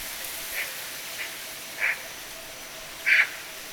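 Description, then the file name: Eurasian magpie harsh calls, four short rasping notes, the first two soft and the last two louder and broader, spaced irregularly over a steady background hiss. "Pica pica"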